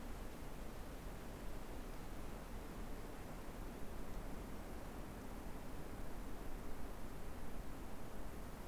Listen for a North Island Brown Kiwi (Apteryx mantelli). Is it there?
no